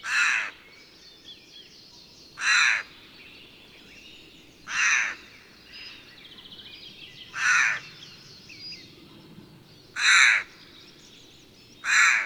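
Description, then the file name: Eurasian jay giving harsh, rasping screeches, six calls spaced about two and a half seconds apart, with faint thin whistles of other birds in between. "Garrulus glandarius"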